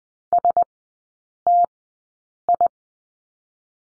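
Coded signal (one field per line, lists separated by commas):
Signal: Morse code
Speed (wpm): 19 wpm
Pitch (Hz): 700 Hz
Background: none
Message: S T I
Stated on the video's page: Morse code course lesson on the letter S, sent at a Farnsworth speed of 20/10 wpm.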